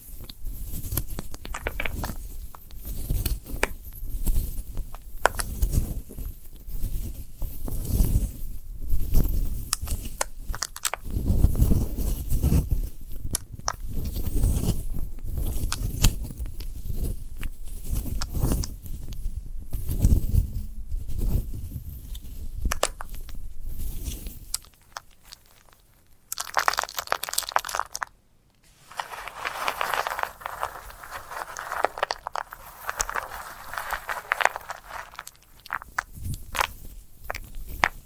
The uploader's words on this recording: ASMR of a Sunflower Head (No Talking).